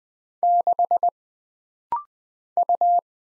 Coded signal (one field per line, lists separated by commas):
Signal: Morse code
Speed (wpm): 20 wpm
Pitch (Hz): 700 Hz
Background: none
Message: 6 U